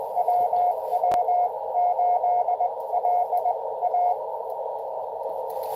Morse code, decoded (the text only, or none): WW8LA